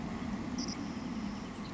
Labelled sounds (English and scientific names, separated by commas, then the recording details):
Savannah Sparrow (Passerculus sandwichensis)
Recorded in Sonoma County, California